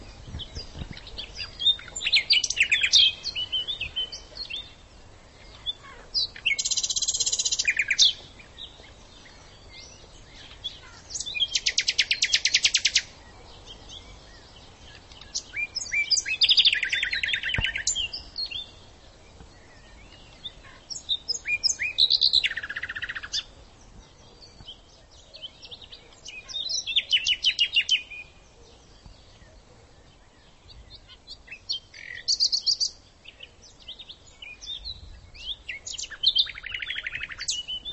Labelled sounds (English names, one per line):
Common Nightingale song